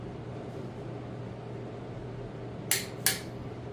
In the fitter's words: I just nice and easily pull it until it clicks.